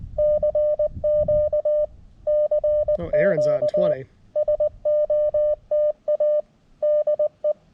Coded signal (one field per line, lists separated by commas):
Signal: Morse code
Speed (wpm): 20 wpm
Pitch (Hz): 590 Hz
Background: speech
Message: CQ CQ SOTA DE